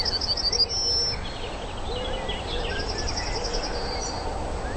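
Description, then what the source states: Yellowhammer song: a brief burst of quick high repeated notes ending in a long steady note, then a fainter repeated series, over low background rumble. Song: a bunch of repeated notes followed by a longer note, usually lower but sometimes higher.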